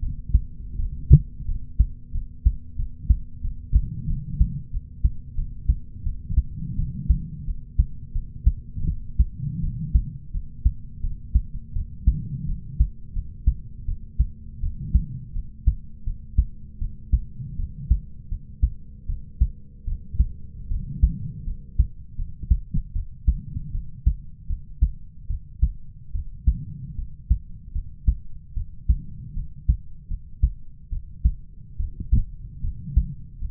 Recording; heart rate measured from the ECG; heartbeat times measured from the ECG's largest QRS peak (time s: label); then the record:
heart sounds by stethoscope; 81 bpm
0.75 s: heartbeat
1.45 s: heartbeat
2.11 s: heartbeat
2.75 s: heartbeat
3.41 s: heartbeat
4.06 s: heartbeat
4.70 s: heartbeat
5.34 s: heartbeat
6.03 s: heartbeat
6.75 s: heartbeat
7.44 s: heartbeat
8.12 s: heartbeat
8.85 s: heartbeat
9.60 s: heartbeat
10.31 s: heartbeat
11.00 s: heartbeat
11.72 s: heartbeat
12.45 s: heartbeat
13.13 s: heartbeat
13.85 s: heartbeat
14.60 s: heartbeat
15.33 s: heartbeat
16.03 s: heartbeat
16.78 s: heartbeat
17.56 s: heartbeat
18.28 s: heartbeat
19.06 s: heartbeat
19.84 s: heartbeat
20.68 s: heartbeat
21.44 s: heartbeat
22.15 s: heartbeat
22.92 s: heartbeat
23.71 s: heartbeat
24.46 s: heartbeat
25.27 s: heartbeat
26.12 s: heartbeat
26.95 s: heartbeat
27.72 s: heartbeat
28.54 s: heartbeat
29.33 s: heartbeat
30.07 s: heartbeat
30.89 s: heartbeat
31.77 s: heartbeat
32.61 s: heartbeat
33.39 s: heartbeat
From the record:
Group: healthy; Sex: male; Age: 20 years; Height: 187 cm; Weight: 68.9 kg